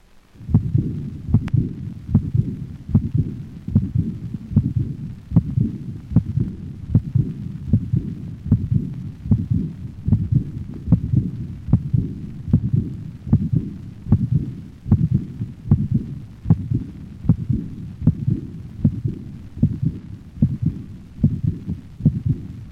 Characteristically diminishes in intensity after its onset and is called a decrescendo diastolic murmur. How the normal heart sound pattern is disrupted by this high-frequency diastolic murmur. The murmur of aortic insufficiency played at slow speed.